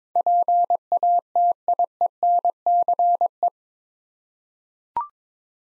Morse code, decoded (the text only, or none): PATIENCE